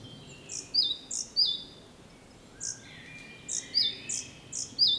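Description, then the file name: Great tit repeating a bright two-note phrase, a high thin note dropping to a lower slurred one, in quick bursts with a short pause midway; faint lower bird notes underneath. "Parus major"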